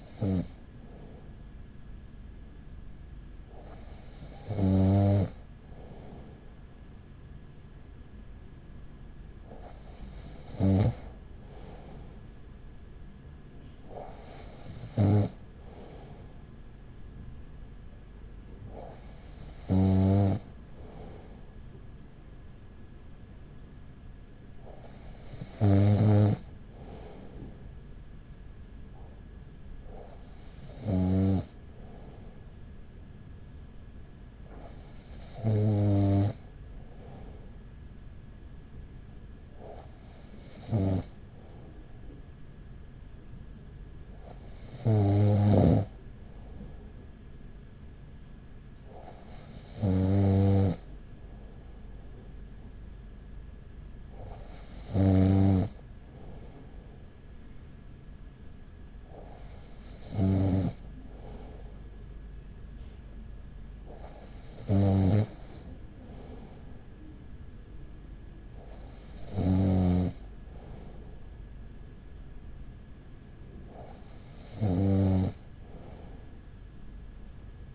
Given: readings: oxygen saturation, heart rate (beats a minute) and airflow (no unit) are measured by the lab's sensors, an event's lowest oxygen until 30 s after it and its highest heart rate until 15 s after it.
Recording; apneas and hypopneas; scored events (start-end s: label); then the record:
breathing in sleep by a smartphone at the bedside; none
none scored
From the record:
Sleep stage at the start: N2 (light sleep); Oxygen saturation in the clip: 95 to 96%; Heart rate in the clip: 39 to 43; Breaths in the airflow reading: 16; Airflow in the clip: -5.4 to 5.3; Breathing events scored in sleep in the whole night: 207 in 7.6 hours asleep